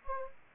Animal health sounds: mosquito wingbeat signal from an infrared sensor; Anopheles gambiae

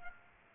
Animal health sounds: mosquito wingbeat signal from an infrared sensor; Aedes aegypti

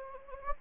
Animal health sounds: mosquito wingbeat signal from an infrared sensor; Anopheles gambiae

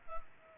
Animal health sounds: mosquito wingbeat signal from an infrared sensor; Culex pipiens

